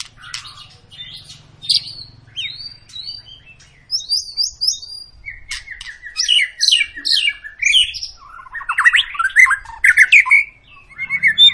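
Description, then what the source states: White-rumped shama song: varied whistles, chattering bursts and buzzy notes after a quiet opening, strongest in the second half. Long lure song (pancingan) of an actively singing (gacor) white-rumped shama, intended to prompt other birds to sing.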